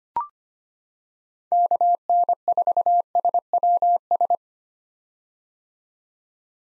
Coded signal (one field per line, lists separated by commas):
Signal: Morse code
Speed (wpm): 25 wpm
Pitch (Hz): 700 Hz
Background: none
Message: KN4SWS